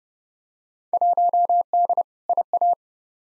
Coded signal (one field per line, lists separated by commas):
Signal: Morse code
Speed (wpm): 31 wpm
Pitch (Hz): 700 Hz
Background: none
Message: 1D IA